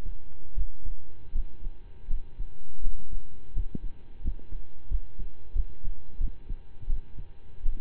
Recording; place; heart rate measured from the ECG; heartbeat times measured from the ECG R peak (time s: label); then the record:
heart sounds by stethoscope; between the tricuspid and mitral areas; 85 bpm
0.53 s: heartbeat
1.31 s: heartbeat
2.07 s: heartbeat
2.80 s: heartbeat
3.52 s: heartbeat
4.21 s: heartbeat
4.87 s: heartbeat
5.52 s: heartbeat
6.17 s: heartbeat
6.86 s: heartbeat
7.62 s: heartbeat
From the record:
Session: slow and fast walking with breaks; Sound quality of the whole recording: saturated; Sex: male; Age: 25 years